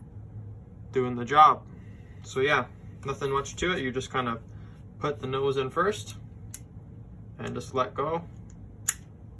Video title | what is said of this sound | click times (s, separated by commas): Ripper Luxe X Breakdown & Overview | and you can hear it snap in there, and it's not going to come out on you. It's locked in there good. | 8.9 s